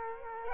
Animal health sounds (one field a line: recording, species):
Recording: mosquito wingbeat signal from an infrared sensor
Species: Culex quinquefasciatus